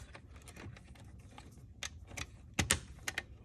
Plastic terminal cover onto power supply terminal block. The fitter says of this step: snap right into place